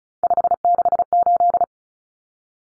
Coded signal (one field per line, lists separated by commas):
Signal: Morse code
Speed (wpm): 34 wpm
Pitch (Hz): 700 Hz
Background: none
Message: 568